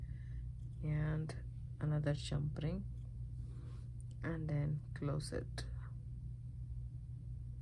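A metal jump ring on a necklace is being handled with pliers, to be closed onto the chain until its two ends meet. Someone talks in a quiet voice over a steady low hum, with faint small ticks near 4.0 and 4.1 seconds. Nothing has clicked shut or seated yet.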